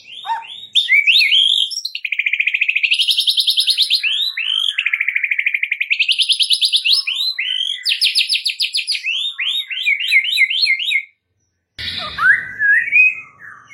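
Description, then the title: White-rumped shama in continuous rolling song, rapid warbled trills wavering up and down, studded with sharp high notes, then a brief gap and a short burst of noise. Training (masteran) white-rumped shama song in the full 'ngerol' rolling style with 'nembak' sharp shooting notes. "Masteran Murai Batu Full Ngerol Nembak"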